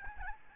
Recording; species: mosquito wingbeat signal from an infrared sensor; Aedes albopictus